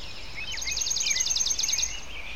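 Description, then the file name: Bird song: a quick run of high, evenly spaced trilled notes with a few lower chirps mixed in, over steady background hiss. Loud birds. "Sounds Dogs Love - Loud Birds Sound Effect"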